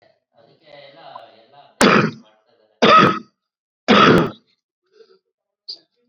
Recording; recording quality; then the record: heavy voluntary cough; excellent, no background noise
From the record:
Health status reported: COVID-19 positive, mild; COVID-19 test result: positive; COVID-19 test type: RT-PCR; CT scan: not taken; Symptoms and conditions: cough, sore throat, fever, fatigue, muscle pain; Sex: male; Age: 55 years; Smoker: no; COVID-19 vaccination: both doses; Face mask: not worn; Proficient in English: yes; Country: India